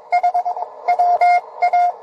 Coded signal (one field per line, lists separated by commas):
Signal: Morse code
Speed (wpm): 21 wpm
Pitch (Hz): 710 Hz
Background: radio noise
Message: HW A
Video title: RADIOAFICION EN URUGUAY CX1SI GEO-cx1si qrp QRP PARTY - 28 Setiembre 2023 -participamos